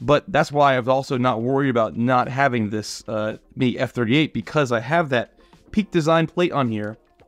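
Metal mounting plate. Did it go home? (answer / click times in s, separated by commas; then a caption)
no / none. A camera quick-release plate, a Peak Design plate, is handled near a tripod ball head's clamp while someone talks over music. Nothing has seated or clicked into the clamp yet; the clip ends just before the plate goes home.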